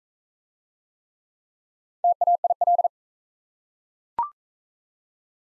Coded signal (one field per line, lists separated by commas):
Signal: Morse code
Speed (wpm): 41 wpm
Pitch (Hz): 700 Hz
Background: none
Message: TAIL